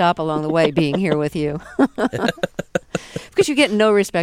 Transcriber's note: soundbite of laughter